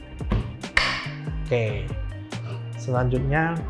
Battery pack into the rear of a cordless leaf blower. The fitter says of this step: pasang di bagian belakang tekan hingga terdengar suara cepek